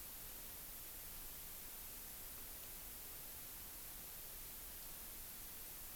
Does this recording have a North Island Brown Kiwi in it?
no